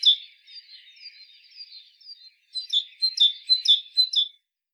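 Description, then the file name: Great tit giving soft scratchy high notes, then a louder run of repeated bright two-note chirps in the second half. "Parus major"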